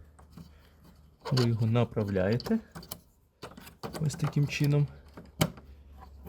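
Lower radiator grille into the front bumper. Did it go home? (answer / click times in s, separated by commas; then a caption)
yes / 5.4 s. A painted lower radiator grille for an Opel Astra H is guided into place around the temperature sensor and pushed into the front bumper while someone talks. A sharp click at 5.4 seconds marks the grille snapping in and locking into the bumper, fully installed.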